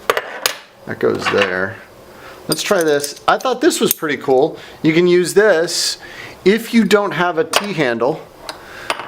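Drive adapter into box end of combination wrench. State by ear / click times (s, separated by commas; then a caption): seated / 8.9 s. A Gedore square-drive ratchet adapter is pushed into the box end of a regular combination wrench to turn it into a T-handle. Someone talks over light metallic taps near the start, and the adapter snaps into place with a sharp click at 8.9 s.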